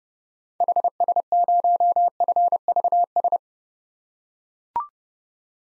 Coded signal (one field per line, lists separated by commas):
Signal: Morse code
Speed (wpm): 30 wpm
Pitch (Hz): 700 Hz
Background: none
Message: HS0FVS